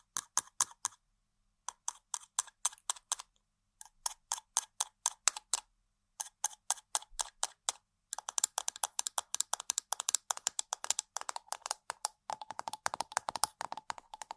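Quick tapping on random objects comes in short clicky bursts separated by brief pauses. Up to about eight seconds the taps are evenly spaced, like fingers drumming. After that they grow faster and denser, blurring into a rattling, scratchy patter with a bright, crisp edge.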